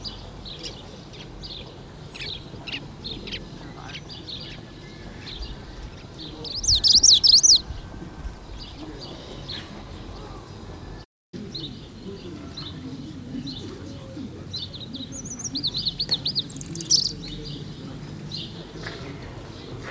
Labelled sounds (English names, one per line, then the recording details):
Greenish Warbler
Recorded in the wild
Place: Chudjirt, MN
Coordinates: 47.013, 102.255
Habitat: Park
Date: 1979-09-07
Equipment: Nagra III BH, Sennheiser MD 21, parabola
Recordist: Schubert, Michael
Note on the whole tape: Rufe und Gesang Grüner Laubsänger